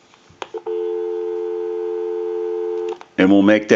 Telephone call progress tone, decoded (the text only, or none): dial tone